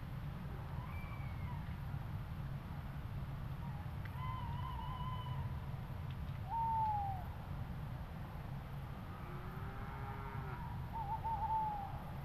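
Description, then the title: Owl calls: several tonal hoots and wavering notes, with one louder falling hoot near the middle and a cluster of notes toward the end, over a steady low rumble. Owls in Suffolk. "Suffolk Owls Halloween Special"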